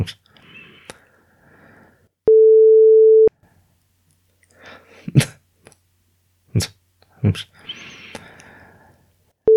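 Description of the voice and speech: An adult man with Tourette syndrome produces vocal tics: soft hums, little grunts, lip smacks, tongue clicks and other mouth noises, separated by steady sine-wave beep tones.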